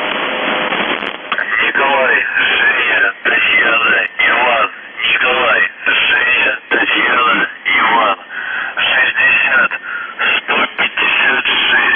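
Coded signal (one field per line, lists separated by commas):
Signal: numbers station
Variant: UVB-76, Russian voice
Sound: a voice reading words over a narrow shortwave channel with brief pauses between phrases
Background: radio static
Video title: The Buzzer/UVB-76(4625Khz) August 9, 2021 15:36UTC Voice message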